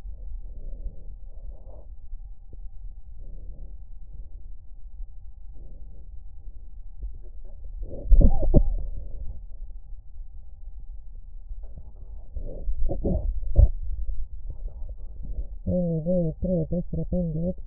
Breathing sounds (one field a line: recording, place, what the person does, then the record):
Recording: lung sounds by stethoscope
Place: left posterior apical chest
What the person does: quiet breathing, then cough and speech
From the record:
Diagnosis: interstitial lung disease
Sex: female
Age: 70 years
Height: 160 cm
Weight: 93 kg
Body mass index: 36.3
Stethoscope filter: extended mode